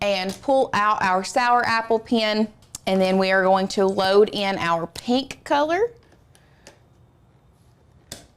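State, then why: Seated. Someone talks for about six seconds while a sour apple pen is pulled out and a pink marker pen is loaded into the accessory clamp of a craft cutting machine. A few faint handling taps follow. At 8.1 s the plastic marker pen snaps into the clamp with a sharp click, showing it is seated and loaded correctly.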